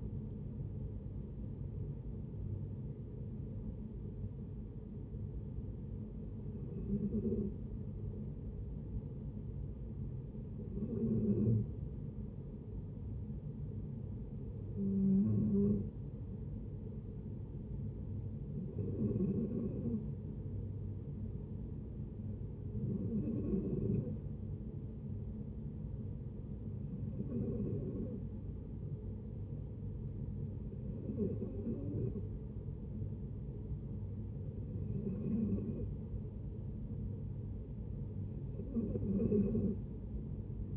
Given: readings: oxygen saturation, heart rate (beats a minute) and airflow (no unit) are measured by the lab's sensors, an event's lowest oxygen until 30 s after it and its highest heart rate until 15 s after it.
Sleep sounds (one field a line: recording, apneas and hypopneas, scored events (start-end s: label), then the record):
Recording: breathing in sleep by a smartphone at the bedside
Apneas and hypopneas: 1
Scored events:
12.00-33.40 s: hypopnea (N1, oxygen 94% highest, then 90% lowest, heart rate 60 at the start, 69 highest)
From the record:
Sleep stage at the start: N1 (lightest sleep)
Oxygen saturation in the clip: 90 to 94%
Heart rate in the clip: 60 to 78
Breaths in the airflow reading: 10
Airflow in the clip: -9.0 to 7.3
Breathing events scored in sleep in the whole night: 496 in 5.4 hours asleep